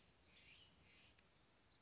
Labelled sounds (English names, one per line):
Black-throated Gray Warbler